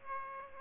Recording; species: mosquito wingbeat signal from an infrared sensor; Aedes aegypti